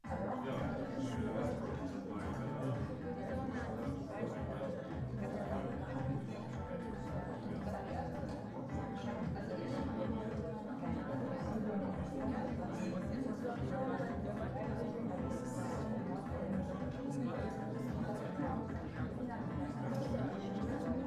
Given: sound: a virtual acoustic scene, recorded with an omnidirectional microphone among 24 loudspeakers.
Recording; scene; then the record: noise of the scene; pub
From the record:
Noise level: 74 dB SPL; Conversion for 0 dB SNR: 1.6 dB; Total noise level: 75.6 dB SPL